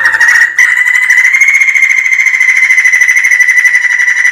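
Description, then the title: Sumatran laughingthrush rolling song: a very rapid trill, briefly broken near the start, then held steady and loud for several seconds with bright ringing overtones. Rolling song style called 'ngerol'. "Suara Ngerol Poksai Jambul Sumatra Istimewa"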